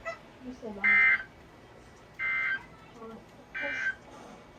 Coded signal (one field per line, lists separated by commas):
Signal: Emergency Alert System (SAME) tones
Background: speech